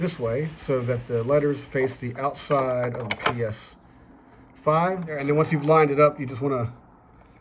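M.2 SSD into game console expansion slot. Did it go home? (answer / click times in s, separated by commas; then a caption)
no / none. An M.2 SSD is flipped so its lettering faces outward and lined up with the expansion slot of a PlayStation 5 while someone talks. Only faint handling noise sits under the speech, with a quiet pause around 3.8 to 4.6 seconds. Nothing has seated or clicked yet.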